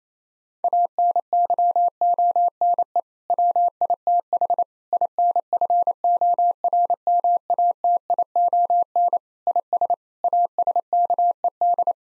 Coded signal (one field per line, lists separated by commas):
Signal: Morse code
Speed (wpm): 28 wpm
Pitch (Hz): 700 Hz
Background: none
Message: ANYONE WITH INFORMATION IS ASKED